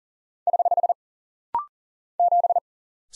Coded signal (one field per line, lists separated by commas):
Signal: Morse code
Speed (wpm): 40 wpm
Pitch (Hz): 700 Hz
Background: none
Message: <HH> 7